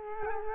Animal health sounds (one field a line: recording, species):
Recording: mosquito wingbeat signal from an infrared sensor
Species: Culex quinquefasciatus